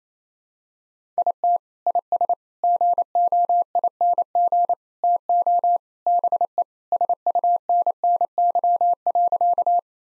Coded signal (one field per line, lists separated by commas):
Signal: Morse code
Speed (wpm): 27 wpm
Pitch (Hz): 700 Hz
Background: none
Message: IT IS GOING TO BE SUNNY.